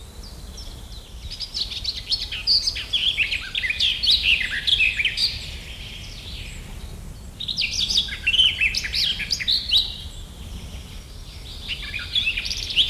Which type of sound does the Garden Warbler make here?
song